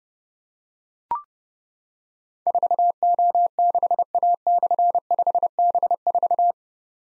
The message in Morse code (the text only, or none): 4O6A/5B4